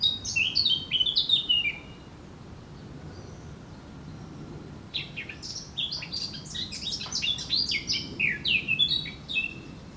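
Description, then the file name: Eurasian blackcap: an opening burst of fluty warbling, a quiet gap of about three seconds, then a longer run of chattering notes ending in clear whistles. "Sylvia atricapilla"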